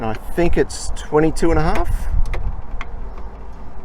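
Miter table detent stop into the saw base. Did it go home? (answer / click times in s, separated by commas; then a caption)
yes / 2.8 s. Someone talks while swinging a miter saw table to check for a detent at 22.5 degrees. A few short sharp clicks follow the speech, and the metal detent stop clicks into place in the saw base at 2.8 s, confirming it seats at 22.5 degrees.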